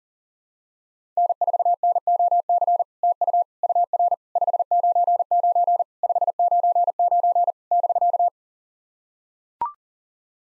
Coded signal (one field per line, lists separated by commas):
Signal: Morse code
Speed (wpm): 40 wpm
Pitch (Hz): 700 Hz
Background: none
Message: N4NOC TU UR 599 599 <BK>